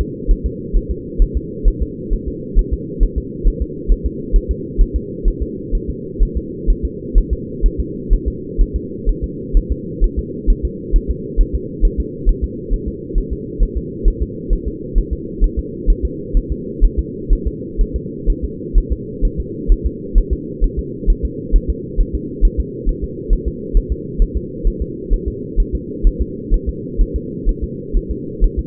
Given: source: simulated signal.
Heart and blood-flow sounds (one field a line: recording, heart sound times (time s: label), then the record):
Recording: fetal heart sounds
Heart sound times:
0.01 s: S2
0.31 s: S1
0.46 s: S2
0.77 s: S1
0.91 s: S2
1.22 s: S1
1.37 s: S2
1.68 s: S1
1.83 s: S2
2.13 s: S1
2.28 s: S2
2.59 s: S1
2.73 s: S2
3.03 s: S1
3.18 s: S2
3.48 s: S1
3.62 s: S2
3.92 s: S1
4.06 s: S2
4.36 s: S1
4.51 s: S2
4.81 s: S1
4.96 s: S2
5.28 s: S1
5.42 s: S2
5.75 s: S1
5.90 s: S2
6.23 s: S1
6.37 s: S2
6.70 s: S1
6.85 s: S2
7.18 s: S1
7.33 s: S2
7.66 s: S1
7.80 s: S2
8.13 s: S1
8.28 s: S2
8.61 s: S1
8.76 s: S2
9.09 s: S1
9.24 s: S2
9.57 s: S1
9.72 s: S2
10.04 s: S1
10.19 s: S2
10.50 s: S1
10.65 s: S2
10.96 s: S1
11.10 s: S2
11.41 s: S1
11.55 s: S2
11.85 s: S1
12.00 s: S2
12.29 s: S1
12.44 s: S2
12.73 s: S1
12.88 s: S2
13.18 s: S1
13.33 s: S2
13.63 s: S1
13.77 s: S2
14.08 s: S1
14.22 s: S2
14.53 s: S1
14.68 s: S2
14.98 s: S1
15.13 s: S2
15.44 s: S1
15.59 s: S2
15.90 s: S1
16.05 s: S2
16.37 s: S1
16.52 s: S2
16.85 s: S1
16.99 s: S2
17.33 s: S1
17.47 s: S2
17.81 s: S1
17.96 s: S2
18.30 s: S1
18.44 s: S2
18.78 s: S1
18.92 s: S2
19.25 s: S1
19.40 s: S2
19.72 s: S1
19.86 s: S2
20.18 s: S1
20.33 s: S2
20.64 s: S1
20.79 s: S2
21.10 s: S1
21.25 s: S2
21.56 s: S1
21.70 s: S2
22.01 s: S1
22.15 s: S2
22.45 s: S1
22.60 s: S2
22.89 s: S1
23.04 s: S2
23.33 s: S1
23.48 s: S2
23.77 s: S1
23.92 s: S2
24.22 s: S1
24.37 s: S2
24.67 s: S1
24.82 s: S2
25.14 s: S1
25.28 s: S2
25.60 s: S1
25.75 s: S2
26.07 s: S1
26.22 s: S2
26.54 s: S1
26.69 s: S2
27.01 s: S1
27.16 s: S2
27.49 s: S1
27.64 s: S2
27.97 s: S1
28.11 s: S2
28.44 s: S1
28.59 s: S2
From the record:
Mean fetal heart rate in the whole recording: 130 bpm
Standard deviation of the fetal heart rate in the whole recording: 4 bpm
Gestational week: 38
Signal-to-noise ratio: -4.1 dB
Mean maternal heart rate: no maternal heart sound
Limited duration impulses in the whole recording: absent